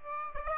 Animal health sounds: mosquito wingbeat signal from an infrared sensor; Aedes aegypti

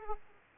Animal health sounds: mosquito wingbeat signal from an infrared sensor; Aedes aegypti

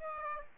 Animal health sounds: mosquito wingbeat signal from an infrared sensor; Aedes aegypti

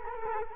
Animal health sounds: mosquito wingbeat signal from an infrared sensor; Culex quinquefasciatus

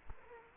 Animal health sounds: mosquito wingbeat signal from an infrared sensor; Culex quinquefasciatus

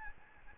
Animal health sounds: mosquito wingbeat signal from an infrared sensor; Aedes albopictus

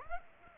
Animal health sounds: mosquito wingbeat signal from an infrared sensor; Aedes aegypti

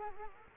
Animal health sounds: mosquito wingbeat signal from an infrared sensor; Culex quinquefasciatus

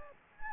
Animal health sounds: mosquito wingbeat signal from an infrared sensor; Anopheles gambiae

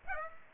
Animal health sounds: mosquito wingbeat signal from an infrared sensor; Aedes aegypti

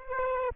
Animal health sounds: mosquito wingbeat signal from an infrared sensor; Aedes aegypti

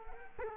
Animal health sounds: mosquito wingbeat signal from an infrared sensor; Culex quinquefasciatus

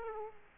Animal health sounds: mosquito wingbeat signal from an infrared sensor; Aedes aegypti

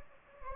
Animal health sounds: mosquito wingbeat signal from an infrared sensor; Anopheles gambiae

